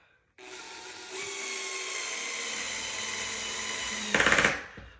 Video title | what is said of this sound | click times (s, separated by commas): 1 hr: How to assemble Wayfair Gilman by Twillery or Futzca Height Adjustable Electric Standing desk | the drill will make a click click sound meeing it's done | 4.2 s